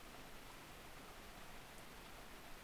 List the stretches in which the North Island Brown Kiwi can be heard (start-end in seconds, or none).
none